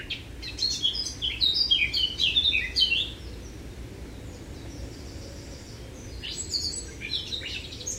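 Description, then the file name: Eurasian blackcap song: a fast, varied warbling phrase in the first three seconds, then softer chattering notes later. "Sylvia atricapilla"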